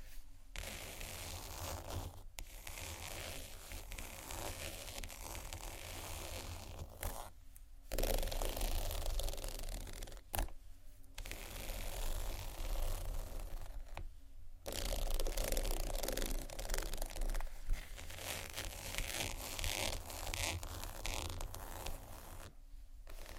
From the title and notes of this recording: ASMR TEXTURED BAGS TAP & SCRATCH (No Talking).